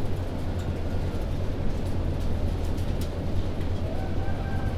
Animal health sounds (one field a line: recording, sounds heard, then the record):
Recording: poultry house recording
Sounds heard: healthy chickens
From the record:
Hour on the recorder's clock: 1